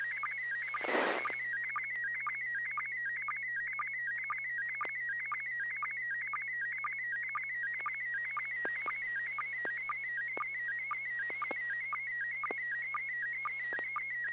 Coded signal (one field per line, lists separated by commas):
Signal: SSTV (slow-scan television)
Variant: PD 120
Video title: N6NA SSTV Net - 04/01/2026